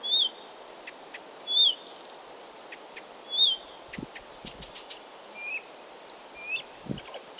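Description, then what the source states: Blyth's reed warbler song: slurred whistled notes repeated two or three times, scattered clicks, and a brief buzzy burst. Recorded 16 June 2022.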